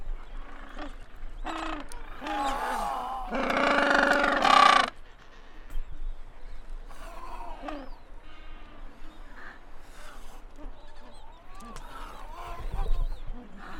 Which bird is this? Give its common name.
Gentoo Penguin